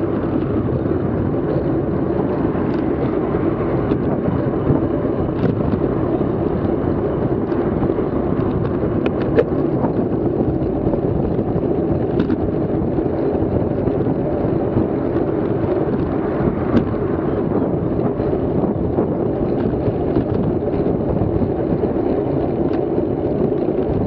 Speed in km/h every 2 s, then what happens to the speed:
35, 35, 35, 35, 35, 35, 36, 35, 34, 34, 31, 30.
0-18 steady at about 35.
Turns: none.